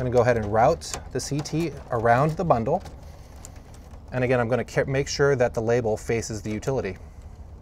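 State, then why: Not seated. A split-core current transformer is routed around the L2 conductor bundle for SunPower consumption monitoring, with its label facing the utility, while someone talks. A brief sharp sound occurs at about 3.5 seconds during handling. The plastic housing has not yet snapped or clicked closed when the clip ends.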